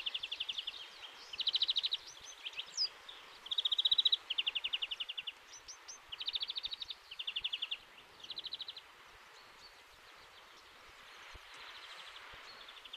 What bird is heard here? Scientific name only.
Chloris chloris